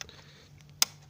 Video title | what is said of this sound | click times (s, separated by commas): How to easily change 335d glow plug controller | one side, you hear it click, and then squeeze the back side, and | 0.8 s